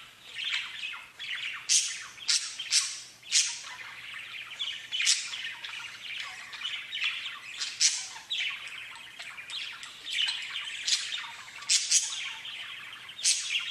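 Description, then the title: Budgerigar calls, a busy stream of harsh chirps, squeaks and short squawks coming in quick clusters, rising and falling in loudness throughout. "Budgie Sounds"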